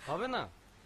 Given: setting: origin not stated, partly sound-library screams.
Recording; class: one-second piece from a danger detection set; normal situation